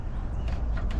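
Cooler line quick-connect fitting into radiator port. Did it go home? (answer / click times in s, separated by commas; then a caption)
no / none. The top cooler line of a Chevy Silverado with a 6.0 swap is lined up, wiggled and pushed toward its quick-connect fitting on the new aluminum radiator port. Brief handling knocks and scrapes sound at about 0.5, 0.8 and 0.9 s over a steady low rumble. Nothing has seated or clicked yet.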